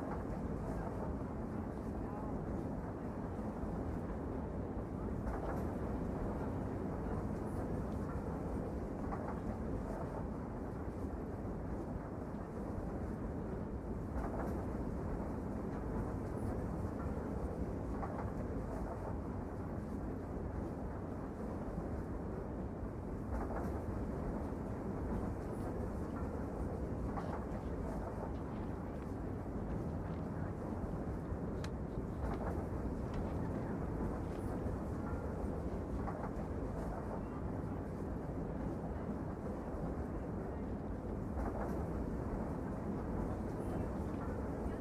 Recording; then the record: background sound without coughing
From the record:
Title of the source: Train Ride Ambience ambient white noise for sleeping, focus, studying, reading